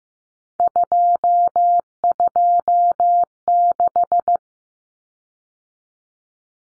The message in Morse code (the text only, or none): 226